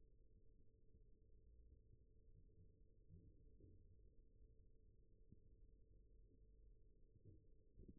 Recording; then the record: forearm muscle sounds (acoustic myography)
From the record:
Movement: rest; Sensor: system 1, eight BSWA MPA416 microphones around the upper forearm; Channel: 3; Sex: male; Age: 41 years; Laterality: right